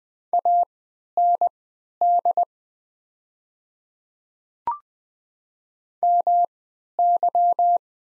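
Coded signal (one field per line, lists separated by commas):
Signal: Morse code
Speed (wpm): 20 wpm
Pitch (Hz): 700 Hz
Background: none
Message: AND MY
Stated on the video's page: 20 wpm Morse practice of the top 100 words with Farnsworth-style triple character spacing.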